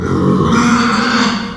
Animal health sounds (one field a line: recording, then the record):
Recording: squeal of a Yucatan mini pig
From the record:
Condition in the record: after surgery on the right vocal fold (resection and tissue-engineered implant)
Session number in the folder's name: 16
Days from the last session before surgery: 183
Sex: female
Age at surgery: 19 weeks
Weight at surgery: 25 kg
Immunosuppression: prednisolone